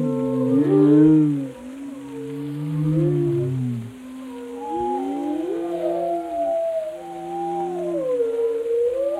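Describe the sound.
Whale calls: low sustained moans alongside warbling, upsweeping tonal whistles that overlap and weave, continuing steadily throughout.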